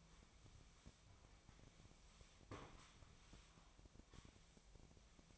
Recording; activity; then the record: daily activity, microphone in the room; sweep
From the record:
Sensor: 1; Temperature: 24.4 degrees Celsius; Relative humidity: 39.3%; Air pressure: 1003.1 hPa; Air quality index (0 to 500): 197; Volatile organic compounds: 6 ppm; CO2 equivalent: 1887 ppm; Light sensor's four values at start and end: 13/32/13/16 and 13/32/13/16